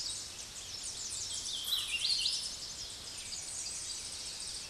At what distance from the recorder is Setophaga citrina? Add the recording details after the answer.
about 25 m. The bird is about 10 m above the microphone. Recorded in a Pennsylvania forest on 16 May 2024 at 08:01. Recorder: AudioMoth, point MSD-2305. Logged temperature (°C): 16.9 °C. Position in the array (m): 37 m, 182 m